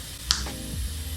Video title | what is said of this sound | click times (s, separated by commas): TUBELESS Mountain Bike Tire Setup (MAXXIS) | and as you increase the air pressure using the air compressor you should hear the bead pop into place | 0.3 s